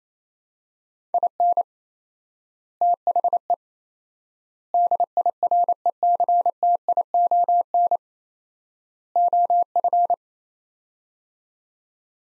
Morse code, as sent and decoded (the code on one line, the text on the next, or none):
.. -. / - .... . / -.. .. .-. . -.-. - .. --- -. / --- ..-.
IN THE DIRECTION OF